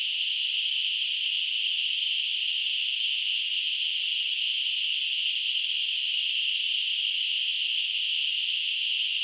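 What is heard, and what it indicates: A steady, high-pitched hissing band of noise runs unchanged for about nine seconds, with no pulsing or breaks. It is a simulated tinnitus sound, imitating the constant hiss or ringing a person with tinnitus hears in the ears.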